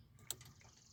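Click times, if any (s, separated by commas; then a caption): 0.3 s. A plastic S-VCM controller connector on a Honda Pilot is pushed into the engine wiring harness connector. A single sharp click at 0.3 s stands out over low rumbling background noise, with a few faint handling taps around it. The connector is seated.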